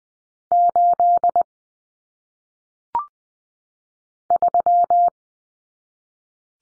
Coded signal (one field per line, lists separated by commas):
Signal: Morse code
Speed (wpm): 20 wpm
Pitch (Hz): 700 Hz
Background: none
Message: 8 3